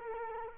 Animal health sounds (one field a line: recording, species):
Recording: mosquito wingbeat signal from an infrared sensor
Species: Culex quinquefasciatus